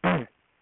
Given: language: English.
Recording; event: throat vibration sensor signal played as sound; throat clearing